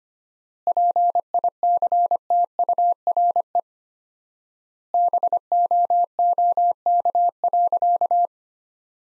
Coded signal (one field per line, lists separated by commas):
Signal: Morse code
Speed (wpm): 25 wpm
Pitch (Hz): 700 Hz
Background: none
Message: PICTURE BOOK.